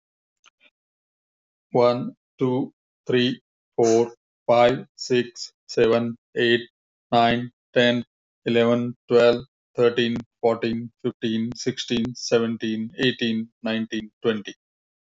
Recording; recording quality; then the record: counting at a normal pace; excellent, no background noise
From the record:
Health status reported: healthy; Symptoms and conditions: none ticked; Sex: male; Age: 49 years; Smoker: not ticked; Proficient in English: yes